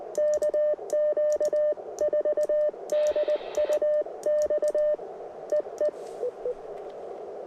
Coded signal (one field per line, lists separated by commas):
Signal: Morse code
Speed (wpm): 20 wpm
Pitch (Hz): 600 Hz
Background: radio noise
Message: KQ4DUX EE